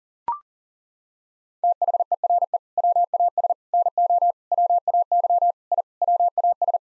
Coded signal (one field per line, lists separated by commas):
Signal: Morse code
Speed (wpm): 40 wpm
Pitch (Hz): 700 Hz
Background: none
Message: THERE WAS NO WAY I WAS